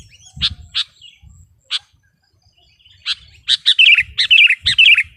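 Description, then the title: Sooty-headed bulbul: scattered single notes at first, then a burst of rapid bubbly phrases, with low thudding noises now and then. "kutilang"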